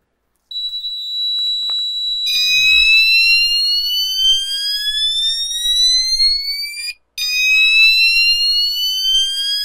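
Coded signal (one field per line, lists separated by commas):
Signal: alarm pattern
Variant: whoop tone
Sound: a steady tone, then a slow rising whoop sweep repeating after a brief gap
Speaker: the last real different tone on here is called whoop I believe this is number seven or eight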